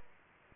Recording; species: mosquito wingbeat signal from an infrared sensor; Culex pipiens